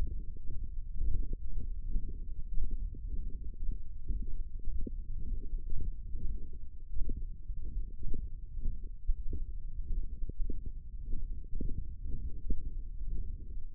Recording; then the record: forearm muscle sounds (acoustic myography)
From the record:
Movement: thumb flexion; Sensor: system 1, eight BSWA MPA416 microphones around the upper forearm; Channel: 5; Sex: male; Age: 23 years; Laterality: right